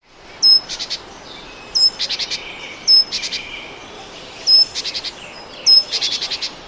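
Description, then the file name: Great tit calling insistently: sharp high note plus a chatter of buzzy notes, repeated about every second or so, five phrases in all. "Parus major"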